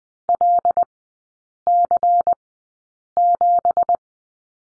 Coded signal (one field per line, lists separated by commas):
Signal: Morse code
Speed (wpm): 20 wpm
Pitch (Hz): 700 Hz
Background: none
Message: LC7